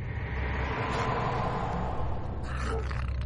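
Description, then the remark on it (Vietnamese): Dogs fighting outside, a loud, continuous tangle of snarls, growls and rough barks that keeps going for a few seconds, with no one speaking. “Không có ai trả lời, ngoài tiếng chó cắn nhau sủa nhặng lên ở bên ngoài vọng lại.”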